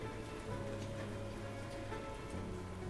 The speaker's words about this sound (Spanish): Empieza a llover.